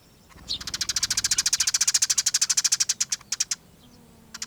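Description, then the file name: Eurasian tree sparrow giving a fast dry chattering rattle, a long run of sharp ticking notes lasting about three seconds, then a few separate ticks and a brief final burst. "Passera-mattugia-Passer-montanus Giovanni-Tomas-Xeno-canto"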